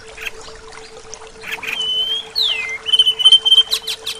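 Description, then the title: Bird song with long sustained whistles, one dropping steeply, then a run of quick pulsed notes at the end, over a steady hum. "SuaraBurung Kicau"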